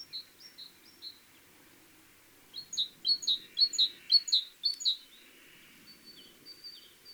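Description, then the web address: Great tit calling: a few soft high notes, a pause, then a loud burst of rapid paired notes, followed by thin faint notes. "SETE Parus major"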